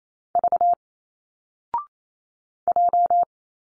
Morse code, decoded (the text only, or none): V J